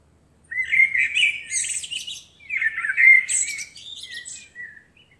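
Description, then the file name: Eurasian blackbird giving two linked song phrases. Rich, warbling low notes are followed by high, thin squeaky flourishes and a soft fading ending. "Turdus merula"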